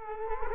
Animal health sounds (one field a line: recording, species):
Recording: mosquito wingbeat signal from an infrared sensor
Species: Culex quinquefasciatus